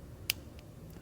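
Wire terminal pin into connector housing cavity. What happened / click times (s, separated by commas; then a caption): A terminal pin clicked into its connector housing / 0.3 s. The right-hand turn signal wire's terminal pin from a RAVEK turn signal kit for a 2025+ (Gen 2) Ranger XP 1000 is pushed into cavity six of the plastic connector housing. A single sharp click at 0.3 s marks it locking, followed by a much fainter tick near 0.6 s. The pin is seated and confirmed in place.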